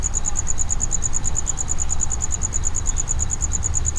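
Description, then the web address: Cricket giving fast, evenly spaced high-pitched pulses, with deep background rumble throughout. Cricket inside a plastic distribution box at Jászberény Zoo, recorded in 2016. "jaszberenyizoo 2016 professzionalis tucsok"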